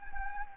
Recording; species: mosquito wingbeat signal from an infrared sensor; Anopheles gambiae